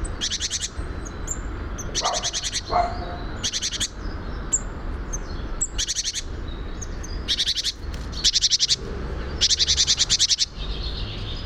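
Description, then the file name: Great tit chattering calls, harsh buzzy rattles in bursts every one to two seconds, seven in all, over a low background rumble. "Parus major"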